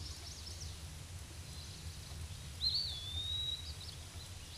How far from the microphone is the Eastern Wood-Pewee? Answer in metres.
about 15 m